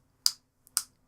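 The plastic kickstand on the back of a Nintendo Switch handheld game console is pulled out until it clicks into its single locked open position. Two sharp, bright clicks sound at 0.3 s and 0.8 s, with a faint tick just before the second. The kickstand is then in place.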